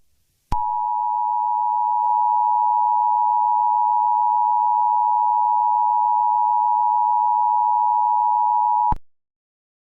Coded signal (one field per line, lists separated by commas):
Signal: Emergency Alert System (SAME) tones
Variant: 853 and 960 Hz attention tone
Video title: Grug The EAS Scenario (#101)